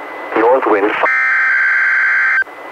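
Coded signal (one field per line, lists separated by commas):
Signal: Emergency Alert System (SAME) tones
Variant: header bursts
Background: speech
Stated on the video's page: Required weekly test from NWS Portland, relayed by NOAA Weather Radio station in Astoria, recorded directly from a Reecom R-1630 weather radio into a Zoom H1 recorder.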